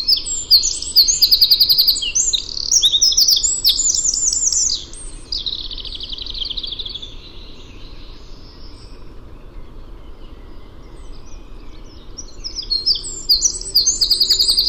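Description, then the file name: Eurasian wren song: a long, rapid, high-pitched trilling run of about five seconds that carries on more quietly to about nine seconds, a pause, then a fresh burst of fast trills near the end. "Troglodytes troglodytes"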